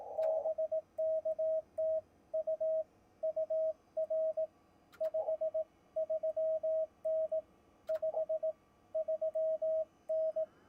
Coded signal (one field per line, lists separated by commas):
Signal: Morse code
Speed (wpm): 18 wpm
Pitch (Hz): 640 Hz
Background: radio noise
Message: BK TU UR 53N 53N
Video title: Hamm'n Around - HT Battery Build, et.al.